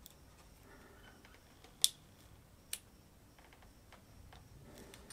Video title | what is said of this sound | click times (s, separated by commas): Wiring and programming sensors to the Infinity ECU. | until you hear them click | 1.8 s, 2.7 s